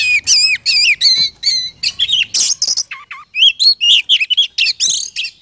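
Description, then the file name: Oriental magpie-robin song, loud wavering whistles and fluty slurred notes in rapid succession, with a harsh burst midway and a brief silence before more varied whistles. Lure recording of kacer song used for trapping birds. "suara burung kacer pikat"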